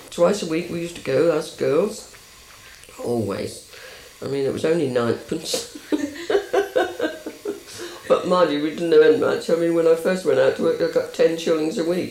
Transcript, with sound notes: Twice a week we used to go, us girls. Always. I mean it was only ninepence. [laughs] But mind you, we didn't have much. I mean when I first went out to work I got ten shillings a week.